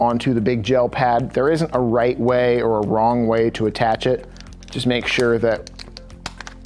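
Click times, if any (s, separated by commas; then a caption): 6.0 s, 6.3 s. A Vive wireless TENS unit is pressed onto the two snap studs of a big gel electrode pad while someone talks over background music. Two sharp snaps are heard at 6.0 s and 6.3 s, with a few fainter ticks around them, as both snaps pop into place and the unit is seated.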